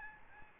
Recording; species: mosquito wingbeat signal from an infrared sensor; Aedes albopictus